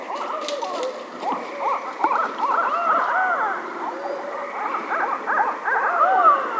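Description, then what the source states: Barred owl calls: a dense chorus of overlapping cackling notes that slur downward in rapid succession. Recorded 18 May 2008.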